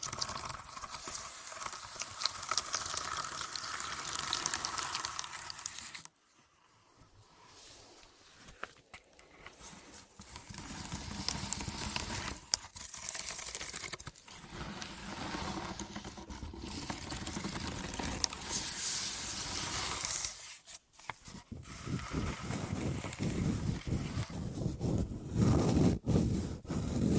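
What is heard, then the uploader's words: Dense crinkling and scratchy clicks rub right against the ear, pausing briefly around six and twenty-one seconds before resuming with deep rumbles. ASMR 9 New Tingle Triggers + Mic Test Deep Ear Crinkles, Clicky, Scratchy, Massage （No Talking）.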